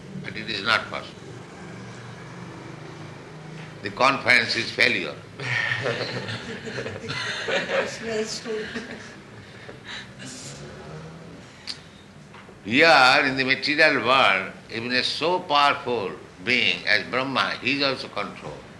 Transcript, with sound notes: But it is not possible. The conference is failure. [laughter] Here, in the material world, even a so powerful being as Brahmā, he's also controlled,